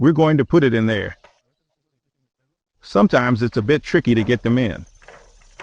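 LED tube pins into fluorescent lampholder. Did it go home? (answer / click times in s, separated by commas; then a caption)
partly / 5.6 s. Someone talks while an LED tube's pins are worked into the slots of a plastic fluorescent lampholder. After the talking stops, faint scraping and small taps are followed by a sharp click at 5.6 s as the pins drop into the slots after some difficulty. The tube is in but not yet fully home, since it still has to be twisted to lock.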